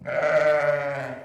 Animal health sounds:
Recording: contact call of a hoofed animal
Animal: sheep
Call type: low-frequency (closed-mouth) or high-frequency (open-mouth) call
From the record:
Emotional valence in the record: negative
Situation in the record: short social isolation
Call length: 1.25 s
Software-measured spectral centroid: 1620 Hz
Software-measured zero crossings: 1550 a second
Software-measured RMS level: -23 dBFS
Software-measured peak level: -13 dBFS

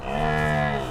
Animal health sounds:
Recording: contact call of a hoofed animal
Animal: cattle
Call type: low-frequency (closed-mouth) or high-frequency (open-mouth) call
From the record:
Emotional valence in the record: positive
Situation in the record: visual reunion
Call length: 0.91 s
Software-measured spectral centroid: 1740 Hz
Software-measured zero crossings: 1820 a second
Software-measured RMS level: -24 dBFS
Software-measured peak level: -12 dBFS

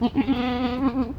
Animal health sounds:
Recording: contact call of a hoofed animal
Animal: goat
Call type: low-frequency (closed-mouth) or high-frequency (open-mouth) call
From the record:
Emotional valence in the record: negative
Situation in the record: short social isolation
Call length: 1.19 s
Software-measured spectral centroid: 1440 Hz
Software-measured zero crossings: 1070 a second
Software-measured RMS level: -23 dBFS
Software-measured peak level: -11 dBFS

